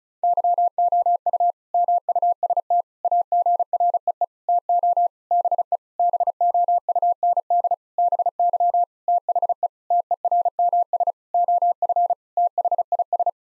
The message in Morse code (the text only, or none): YOU MUST AGREE TO BE BOUND BY THE TERMS OF THIS